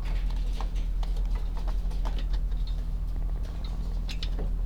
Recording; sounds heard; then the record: poultry house recording; sick chickens (respiratory disease)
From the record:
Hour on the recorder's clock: 16